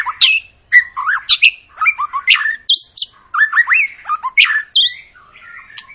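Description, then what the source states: White-rumped shama song: rich varied whistles, slurred rising and falling notes mixed with sharp chips and harsh squawky notes, delivered in quick bursts with short pauses. Long lure song of an energetically singing white-rumped shama, used to provoke other birds to sing.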